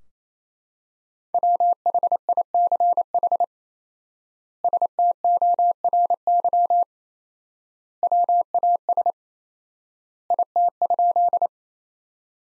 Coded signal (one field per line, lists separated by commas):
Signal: Morse code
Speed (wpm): 28 wpm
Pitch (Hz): 700 Hz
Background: none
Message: WHICH STORY WAS IT?